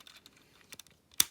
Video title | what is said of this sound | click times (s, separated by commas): LEGO Super Mario Kart Mach 8 Tutorial | on opposite sides of those pieces like that and it should click in it's | 1.2 s